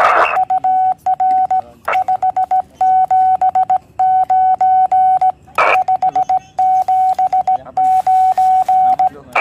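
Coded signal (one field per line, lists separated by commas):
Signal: Morse code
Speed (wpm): 17 wpm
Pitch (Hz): 750 Hz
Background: radio noise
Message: UR 579 579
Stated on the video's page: QRP station in a cottage in contact with a high-power station.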